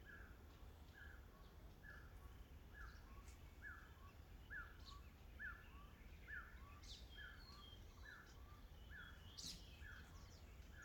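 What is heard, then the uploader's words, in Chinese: Forest ambience from a lazy mountain wood: a bird repeats a short two-part call at a steady pace, about twice a second, throughout. Brief higher chirps from other birds appear now and then, over a constant low rumble. 懶山林環境音。早晨。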